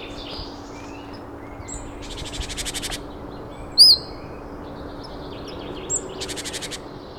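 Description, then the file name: Great tit giving harsh, buzzy churring rattles, two bursts several seconds apart, with a sharp high whistle between them and a steady low hum in the background. "Parus major"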